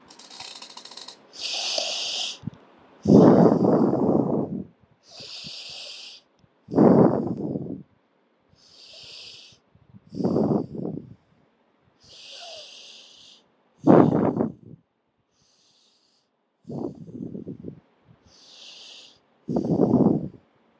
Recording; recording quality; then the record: deep breathing; excellent, no background noise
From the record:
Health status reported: healthy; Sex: male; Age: 38 years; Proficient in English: yes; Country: India